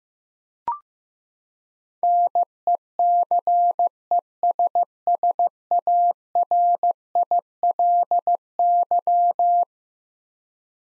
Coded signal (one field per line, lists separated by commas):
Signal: Morse code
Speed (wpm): 15 wpm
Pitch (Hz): 700 Hz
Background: none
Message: NECESSARILY